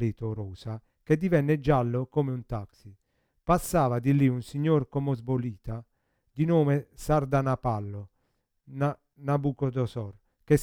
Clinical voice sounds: read passage; Italian; male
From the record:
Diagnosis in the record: Parkinson's disease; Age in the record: 50 years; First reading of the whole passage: 72 s, 7.2 characters per second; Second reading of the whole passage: 54 s, 9.6 characters per second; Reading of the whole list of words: 40 s, 7.1 characters per second

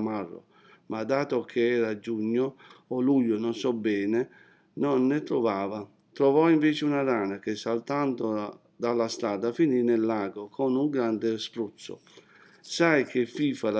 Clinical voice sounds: read passage; Italian; male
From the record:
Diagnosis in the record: healthy control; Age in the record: 60 years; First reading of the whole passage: 60 s, 8.3 characters per second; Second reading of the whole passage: 54 s, 9.4 characters per second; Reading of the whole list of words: 38 s, 7.2 characters per second

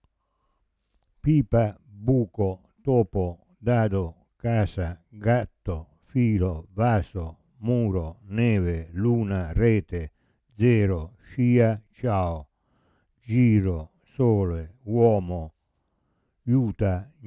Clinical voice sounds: read list of words; Italian; male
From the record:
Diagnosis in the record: Parkinson's disease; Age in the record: 70 years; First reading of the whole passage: 65 s, 7.9 characters per second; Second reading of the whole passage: 60 s, 8.6 characters per second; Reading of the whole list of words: 48 s, 5.8 characters per second

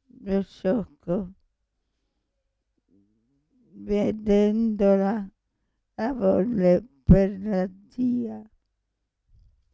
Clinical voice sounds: read passage; Italian; female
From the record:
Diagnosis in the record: Parkinson's disease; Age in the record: 65 years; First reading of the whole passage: 242 s, 2.1 characters per second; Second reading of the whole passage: 180 s, 2.9 characters per second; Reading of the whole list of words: 168 s, 1.7 characters per second

